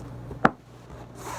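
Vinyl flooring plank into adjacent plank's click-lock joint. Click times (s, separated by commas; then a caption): 0.5 s. A synthetic-wood vinyl click-lock floor plank is pressed into the joint of the neighbouring plank in an RV. A single short, sharp click sounds at 0.4 s over low background noise, with light rubbing before and after. The locking edge engages and the plank seats in place.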